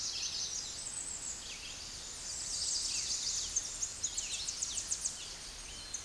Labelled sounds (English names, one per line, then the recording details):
Tennessee Warbler song
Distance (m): 35 m
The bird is about 30 m above the microphone
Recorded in a Pennsylvania forest on 16 May 2024 at 09:56
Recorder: AudioMoth, point MSD-1293
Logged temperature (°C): 12.0 °C
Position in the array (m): 64 m, 171 m